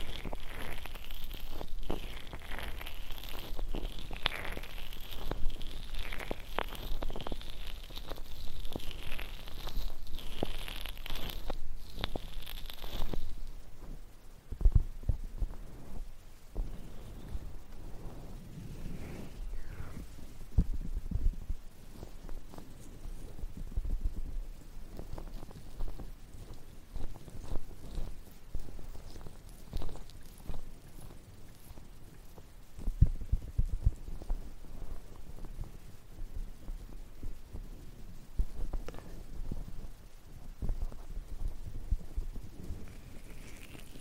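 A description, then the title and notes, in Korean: A stainless ear pick scrapes and taps in an ear cleaning and ear massage, with dense, irregular clicks and crackles throughout. For the first thirteen seconds a steady bright hiss with rhythmic swells sits behind the scraping, then drops away, leaving softer rubbing and scratching. 쇠 귀이개 귀청소 , 귀 마사지 stainless ear pick , ear massage.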